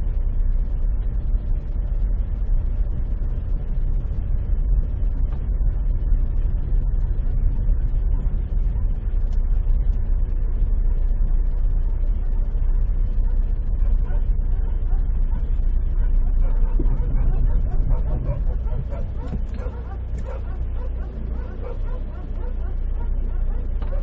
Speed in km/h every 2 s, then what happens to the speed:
8, 8, 8, 8, 8, 8, 8, 8, 3, 0, 2, 2.
0-14 steady at about 8. 14-17 slows to 0. 17-24 standing.